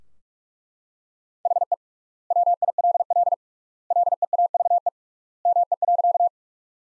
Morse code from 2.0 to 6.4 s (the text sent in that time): WILL LEAVE ME.